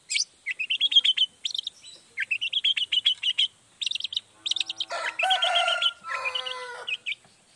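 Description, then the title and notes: Long-tailed shrike giving a fast, varied warbling chatter of buzzy, twittering phrases, ending in harsher nasal notes. Cendet in full 'gacor' song in the morning, 'toet toet' sound variation; played once to make other shrikes respond quickly and agitatedly. "Cendet Gacor Dor Di Kala Pagi Toet Toet Variasi Suara. Cendet Gacor Langsung Nyaut Emosi Hanya dengan Sekali Putar Bikin Cendet Lainya Cepat Respon Bunyi. Burung cendet"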